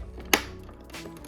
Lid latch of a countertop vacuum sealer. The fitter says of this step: I actually had to pick it up and click it like that.